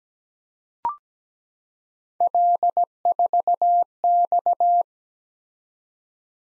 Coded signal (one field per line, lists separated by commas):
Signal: Morse code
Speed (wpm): 17 wpm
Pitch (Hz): 700 Hz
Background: none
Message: L4X